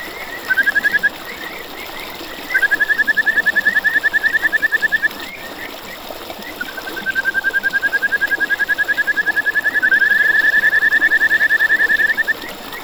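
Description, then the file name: Kajika frog with several bursts of rapid, pulsed whistled trilling separated by pauses. "buergeri"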